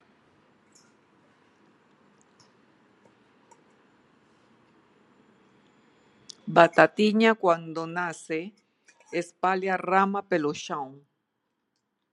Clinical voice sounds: short text; Brazilian Portuguese; female; 50 to 59 years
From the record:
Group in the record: control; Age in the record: 59 years

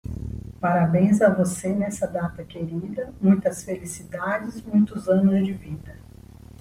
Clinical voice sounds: short text; Brazilian Portuguese; female; 60 to 69 years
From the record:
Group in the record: control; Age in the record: 61 years

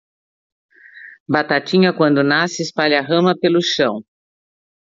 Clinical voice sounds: short text; Brazilian Portuguese; female; 50 to 59 years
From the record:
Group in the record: control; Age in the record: 55 years

